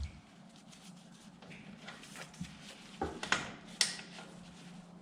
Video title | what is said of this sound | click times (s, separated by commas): Kubota LX3310 Install of LX2970 Snowblower & LX2940 Subframe & Drive | right, snap in place. Once it's on there, | 3.3 s, 3.8 s